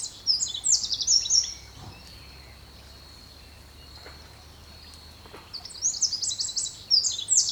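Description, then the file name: Eurasian wren with fast, high-pitched trilling at the start, a pause with only a steady thin tone, then another trilled burst at the end. "Troglodytes troglodytes"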